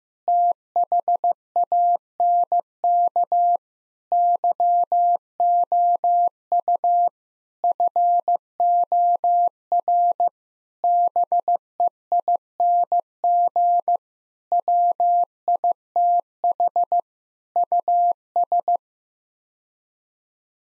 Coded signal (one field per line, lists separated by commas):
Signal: Morse code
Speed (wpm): 15 wpm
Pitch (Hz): 700 Hz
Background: none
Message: THANK YOU FOR BEING WITH US